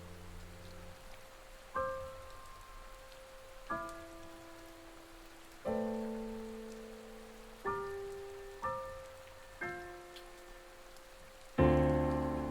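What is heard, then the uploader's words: Soft piano chords ring out over a steady hiss of rain, struck slowly about every one to two seconds and left to fade. The notes sit in a gentle middle range, and a fuller, brighter chord lands near the end. 528Hz Thunder & Rain Sounds Magical Piano Music Solfeggio Miracle Tone.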